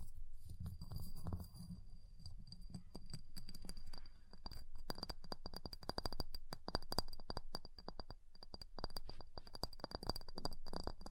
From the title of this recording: Ice Tapping, Scratching, Carving Sounds